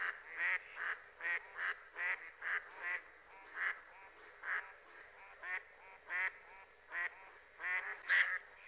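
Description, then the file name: Mallard giving a long run of rapid, harsh quacks, some paired or overlapping, in an uneven, busy rhythm throughout. "Germano Reale"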